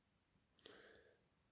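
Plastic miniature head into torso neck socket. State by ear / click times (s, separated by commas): seated / 0.7 s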